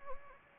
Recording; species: mosquito wingbeat signal from an infrared sensor; Anopheles arabiensis